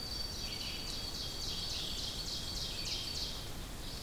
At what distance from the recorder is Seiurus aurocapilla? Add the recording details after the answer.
about 65 m. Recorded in boreal forest in Alberta, Canada, on 2 June 2016 at 07:43. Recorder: SongMeter 3, array SBT-3-7. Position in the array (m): 201 m, 129 m. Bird 8